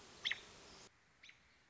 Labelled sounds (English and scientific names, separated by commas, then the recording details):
American Robin (Turdus migratorius)
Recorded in Sonoma County, California